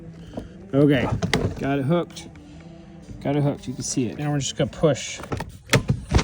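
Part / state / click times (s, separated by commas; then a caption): door trim panel into door frame clips / seated / 5.7 s. A plastic front door trim panel on a 2015-2020 GM truck (Tahoe, Suburban, Yukon) has its top edge hooked over the belt molding and is pushed into the door frame clips while someone talks. A sharp snap is heard at 5.7 s as the clips catch, and the whole top of the panel is seated.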